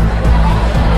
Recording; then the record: background sound without coughing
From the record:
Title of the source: Party Noise 1 Hour Party Ambience